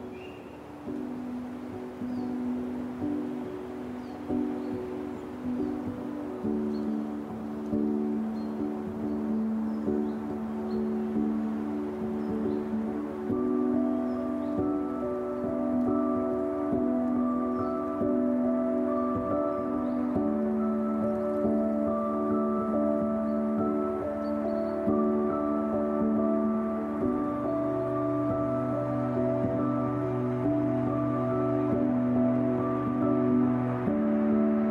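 String music plays in slow, sustained notes and chords, mostly low and mid-pitched, with the harmony shifting every few seconds and a deeper bass tone entering near the end. It swells slightly after the opening seconds, then holds steady, with a faint airy hiss underneath.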